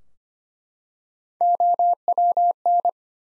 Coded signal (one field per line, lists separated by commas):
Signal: Morse code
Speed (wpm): 25 wpm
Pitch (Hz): 700 Hz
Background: none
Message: OWN